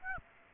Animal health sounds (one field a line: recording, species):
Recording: mosquito wingbeat signal from an infrared sensor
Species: Aedes aegypti